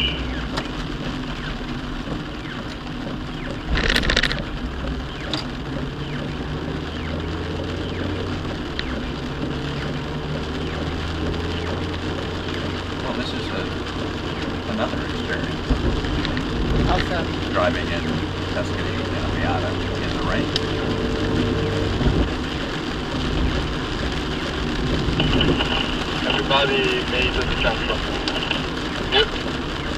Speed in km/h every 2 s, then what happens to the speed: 34, 26, 26, 32, 37, 47, 52, 50, 53, 53, 56, 56, 58, 56, 55.
0-2 brakes to 26. 4-23 speeds up to 58. 23-30 steady at about 56.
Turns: none.